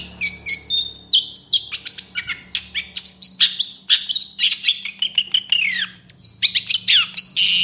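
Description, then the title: Long-tailed shrike singing a continuous, varied mix of sharp chips, rasping bursts and sliding whistles, delivered in quick succession with a faint low hum beneath. Singing in the morning; clear, varied song with repeated "toet toet" notes, described as easy to imitate. "Cendet Gacor Dor Di Kala Pagi Toet Toet Variasi Suara Jernih Mudah Di Tiru"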